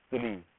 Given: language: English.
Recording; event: throat vibration sensor signal played as sound; speech